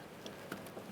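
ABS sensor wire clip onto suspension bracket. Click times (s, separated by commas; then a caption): 0.5 s. The plastic retaining clip on the ABS sensor wire of a 2008-2012 Honda Accord is lined up and pushed onto its metal suspension bracket during a wheel bearing replacement. A faint tick at 0.3 s comes before a faint, short snap at 0.5 s as the clip pops into place, and the clip is seated.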